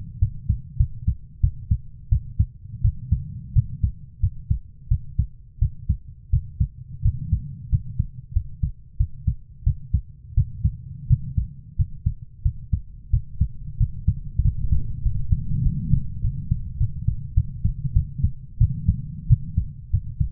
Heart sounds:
heart sounds by stethoscope; 91 bpm
0.19 s: heartbeat
0.77 s: heartbeat
1.41 s: heartbeat
2.09 s: heartbeat
2.82 s: heartbeat
3.53 s: heartbeat
4.20 s: heartbeat
4.88 s: heartbeat
5.59 s: heartbeat
6.30 s: heartbeat
7.02 s: heartbeat
7.70 s: heartbeat
8.33 s: heartbeat
8.97 s: heartbeat
9.64 s: heartbeat
10.35 s: heartbeat
11.07 s: heartbeat
11.76 s: heartbeat
12.42 s: heartbeat
13.10 s: heartbeat
13.78 s: heartbeat
14.42 s: heartbeat
15.03 s: heartbeat
15.63 s: heartbeat
16.21 s: heartbeat
16.78 s: heartbeat
17.34 s: heartbeat
17.93 s: heartbeat
18.58 s: heartbeat
19.27 s: heartbeat
19.91 s: heartbeat
From the record:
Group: healthy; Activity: rest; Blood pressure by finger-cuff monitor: 124/74 mmHg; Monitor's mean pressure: 91 mmHg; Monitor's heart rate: 89 bpm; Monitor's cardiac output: 7.4 L/min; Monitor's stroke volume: 80 mL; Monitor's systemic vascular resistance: 900 dyn s/cm5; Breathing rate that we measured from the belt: 15 breaths a minute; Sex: female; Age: 24 years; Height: 163 cm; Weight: 55.7 kg

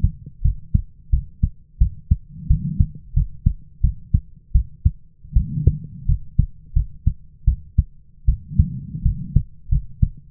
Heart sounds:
heart sounds by stethoscope; 84 bpm
0.42 s: heartbeat
1.10 s: heartbeat
1.78 s: heartbeat
2.48 s: heartbeat
3.14 s: heartbeat
3.81 s: heartbeat
4.52 s: heartbeat
5.34 s: heartbeat
6.06 s: heartbeat
6.74 s: heartbeat
7.45 s: heartbeat
8.26 s: heartbeat
9.03 s: heartbeat
9.69 s: heartbeat
From the record:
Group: healthy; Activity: rest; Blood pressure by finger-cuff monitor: 103/64 mmHg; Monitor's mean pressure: 78 mmHg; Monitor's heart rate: 85 bpm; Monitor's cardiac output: 7.2 L/min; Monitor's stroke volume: 87 mL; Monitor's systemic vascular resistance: 780 dyn s/cm5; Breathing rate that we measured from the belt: 20 breaths a minute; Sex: female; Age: 22 years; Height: 157 cm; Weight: 47.6 kg

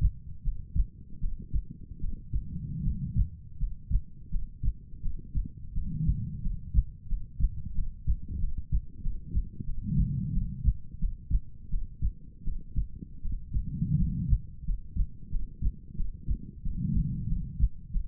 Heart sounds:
heart sounds by stethoscope; 86 bpm
0.42 s: heartbeat
1.19 s: heartbeat
1.99 s: heartbeat
2.82 s: heartbeat
3.57 s: heartbeat
4.29 s: heartbeat
5.00 s: heartbeat
5.72 s: heartbeat
6.41 s: heartbeat
7.07 s: heartbeat
7.73 s: heartbeat
8.39 s: heartbeat
9.01 s: heartbeat
9.64 s: heartbeat
10.32 s: heartbeat
10.98 s: heartbeat
11.69 s: heartbeat
12.43 s: heartbeat
13.20 s: heartbeat
13.96 s: heartbeat
14.64 s: heartbeat
15.29 s: heartbeat
15.95 s: heartbeat
16.62 s: heartbeat
17.27 s: heartbeat
17.90 s: heartbeat
From the record:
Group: healthy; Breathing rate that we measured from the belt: 17 breaths a minute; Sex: female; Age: 23 years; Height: 160 cm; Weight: 50.4 kg

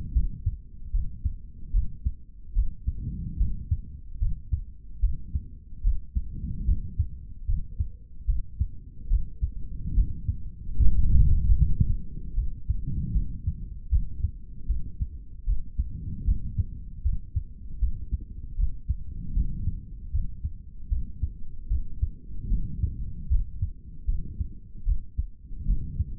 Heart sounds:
heart sounds by stethoscope; 75 bpm
0.13 s: heartbeat
0.92 s: heartbeat
1.72 s: heartbeat
2.54 s: heartbeat
3.38 s: heartbeat
4.19 s: heartbeat
5.01 s: heartbeat
5.82 s: heartbeat
6.65 s: heartbeat
7.46 s: heartbeat
8.26 s: heartbeat
9.08 s: heartbeat
9.94 s: heartbeat
10.78 s: heartbeat
11.56 s: heartbeat
12.35 s: heartbeat
13.13 s: heartbeat
13.90 s: heartbeat
14.67 s: heartbeat
15.45 s: heartbeat
16.25 s: heartbeat
17.03 s: heartbeat
17.80 s: heartbeat
18.56 s: heartbeat
19.34 s: heartbeat
20.12 s: heartbeat
20.89 s: heartbeat
21.68 s: heartbeat
22.49 s: heartbeat
23.28 s: heartbeat
24.06 s: heartbeat
24.84 s: heartbeat
25.66 s: heartbeat
From the record:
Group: healthy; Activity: rest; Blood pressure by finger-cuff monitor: 120/87 mmHg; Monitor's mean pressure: 97 mmHg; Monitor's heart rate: 77 bpm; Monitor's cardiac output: 3.5 L/min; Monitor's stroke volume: 46 mL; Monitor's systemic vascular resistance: 2010 dyn s/cm5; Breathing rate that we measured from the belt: 18 breaths a minute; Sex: male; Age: 55 years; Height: 167 cm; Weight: 57.2 kg

